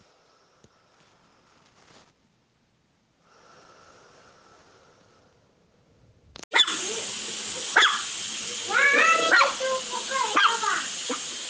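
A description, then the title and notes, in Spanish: Quiet household sounds with faint hums and breathy noises, then from about six seconds a loud, hissing rush with scraping bursts. Sonidos habituales de una casa.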